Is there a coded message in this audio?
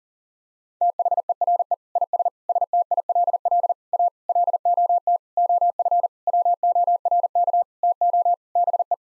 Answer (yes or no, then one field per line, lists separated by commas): yes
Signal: Morse code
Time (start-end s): 0.8-8.9 s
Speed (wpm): 40 wpm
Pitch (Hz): 700 Hz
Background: none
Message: THERE IS STILL A LOT OF WORK TO BE